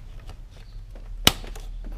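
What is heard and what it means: A fuel line quick-connector on a 2006 Volvo S40 is pushed onto the inlet stub of a new diesel fuel filter. After a few faint ticks and rustles, a sharp, loud click at 1.3 s marks the connector seating on the filter, followed by a few more quiet ticks. No one talks.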